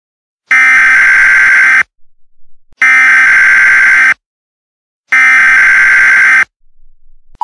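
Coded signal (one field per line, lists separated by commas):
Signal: Emergency Alert System (SAME) tones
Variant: header bursts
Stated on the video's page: Fictional EAS scenario, not a real alert.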